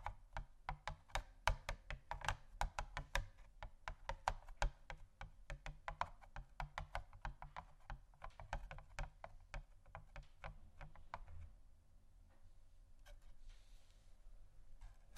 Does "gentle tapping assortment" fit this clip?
yes